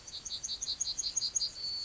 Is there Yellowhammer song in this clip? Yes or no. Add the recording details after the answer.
yes. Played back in grassland. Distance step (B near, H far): E. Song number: 137